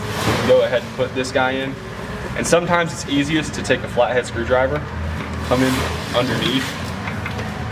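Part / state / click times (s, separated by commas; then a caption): hose locking clip on water fitting of blasting cabinet / seated / 7.3 s. Someone talks while a water hose is pushed into the fitting on the underside of a vapor honing machine's blasting cabinet, and a flathead screwdriver comes in underneath to lift the hose locking clip. The clip clicks up into place at 7.3 s, seating it so the hose is secure and won't be shot out when air is put on.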